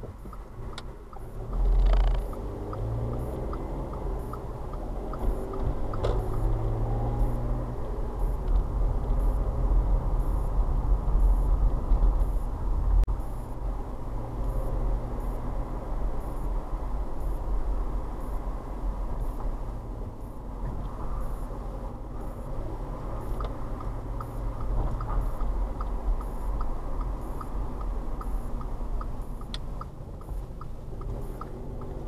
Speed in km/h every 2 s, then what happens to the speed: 6, 13, 19, 27, 31, 31, 27, 29, 29, 27, 24, 27, 27, 26, 19, 16.
0-8 speeds up to 31. 8-25 steady at about 27. 25-28 slows to 19.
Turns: 28-32.